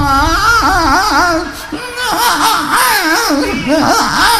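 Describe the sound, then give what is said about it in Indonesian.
A baby, put down to sleep, cries loudly and without pause while kicking its legs, its high, wavering wails rising and falling in pitch over a few seconds, with a brief catch of breath midway. “Duwe bayi dibokke turu. Lah kok nangis sampai sikile mancal-mancal.”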